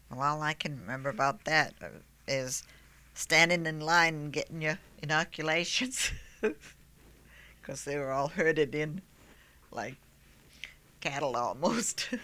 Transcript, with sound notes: Well, all I can remember about that is standing in line and getting your inoculations. ( she laughs ) Because they were all herded in like cattle almost.